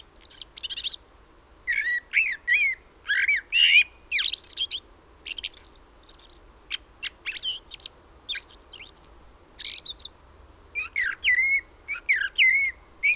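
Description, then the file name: Common blackbird giving a long series of high, sharp, twittering notes with occasional short whistles, in irregular bursts separated by brief pauses. "Turdus merula"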